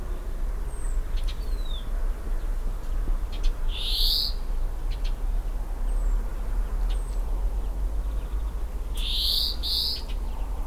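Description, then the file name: European greenfinch calls: a single harsh wheezy note, then a quick pair of similar buzzy notes several seconds later, with faint high thin notes and constant low background rumble. "Chloris chloris"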